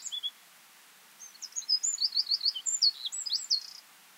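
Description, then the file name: Eurasian wren giving a short, high, rapid twittering run of sharp notes and trills. "Troglodytes troglodytes"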